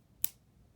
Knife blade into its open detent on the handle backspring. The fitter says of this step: and a nice little click okay